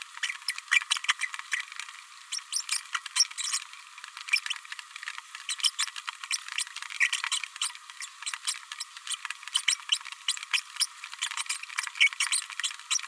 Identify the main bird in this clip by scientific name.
Forpus passerinus